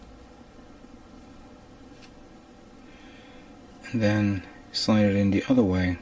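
A plastic rear part is slid into position and lined up on the leg frame of a 1/100 MG Wing Gundam EW model kit, ready to be pushed the other way to lock. About four seconds of quiet, faint handling are followed by someone talking from around 3.9 s to the end. Nothing has seated or clicked yet.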